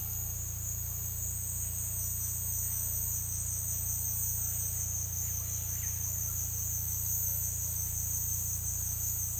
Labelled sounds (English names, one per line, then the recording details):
none
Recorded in secondary vegetation near Puerto Asís, Putumayo, Colombia, on 18 December 2024 at 13:00
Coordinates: 0.484, -76.319
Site GP06